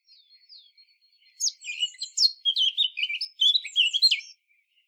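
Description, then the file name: Eurasian blackcap song: a few thin, quiet notes, then a loud, hurried warble of rich mixed phrases lasting about three seconds. "Sylvia atricapilla"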